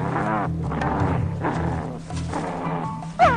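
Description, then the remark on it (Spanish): A young wolf pup gives strained, whining cries with rough growly tones throughout, ending in a sudden sharp, high-pitched yelp of pain as its ear is bitten. “El chillido es muy, muy importante para su desarrollo porque es un sonido que dice, me hiciste daño.”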